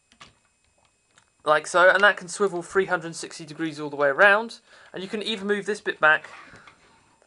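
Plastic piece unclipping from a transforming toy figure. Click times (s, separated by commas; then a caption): 7.2 s. A plastic piece on a transforming toy action figure is moved back while someone talks over faint ticking handling sounds. A single click at 7.2 s marks the piece unclipping from its position as part of the transformation.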